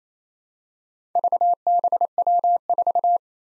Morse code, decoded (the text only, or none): VBW4